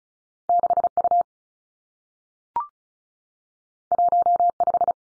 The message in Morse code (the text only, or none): 6 U 1 5